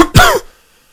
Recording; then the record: coughing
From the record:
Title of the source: Coughing 51